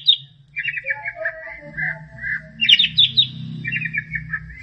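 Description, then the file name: Long-tailed shrike song, a chattering, warbled jumble of mid-pitched notes with occasional higher squeaky bursts, over a low rumbling background noise. Master song for training songbirds. "cendet-master 2"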